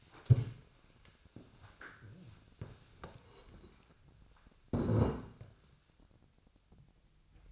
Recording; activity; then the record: daily activity, microphone in the room; stand up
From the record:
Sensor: 2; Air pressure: 1000.3 hPa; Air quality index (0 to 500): 162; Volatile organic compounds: 3 ppm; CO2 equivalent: 1348 ppm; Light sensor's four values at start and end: 8/20/8/9 and 8/16/7/8